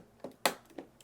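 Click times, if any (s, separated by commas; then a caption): 0.5 s. A memory module is pressed into the second DIMM slot on a motherboard until the plastic retention clips on each end snap closed. A few faint ticks surround one sharp, loud click at 0.5 s, the second clip latching home. Both clips are confirmed locked and the module is seated.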